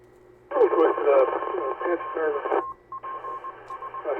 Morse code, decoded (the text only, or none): W0UPS